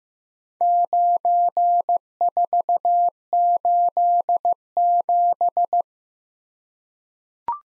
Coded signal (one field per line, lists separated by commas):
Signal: Morse code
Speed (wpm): 15 wpm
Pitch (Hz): 700 Hz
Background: none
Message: 9487